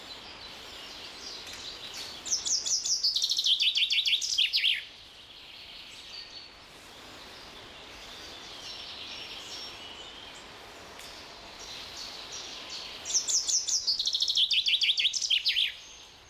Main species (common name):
Common Chaffinch